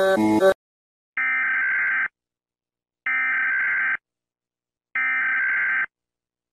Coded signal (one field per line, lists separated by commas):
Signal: Emergency Alert System (SAME) tones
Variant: header bursts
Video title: Mr Incredible Becoming Uncanny (EAS Alarms)